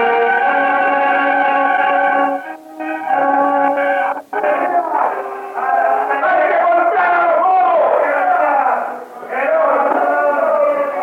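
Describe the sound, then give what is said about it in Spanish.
A crowd of gauchos shouting together that they must not be betrayed, in a loud, sustained, overlapping roar, with brief dips between surges of raised voices and an echoing quality. “Son ellos. Los que vos llamabas mi gente, mis gauchos. Están gritando que no podés traicionarlos así.”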